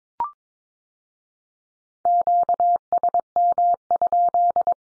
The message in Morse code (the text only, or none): QSM?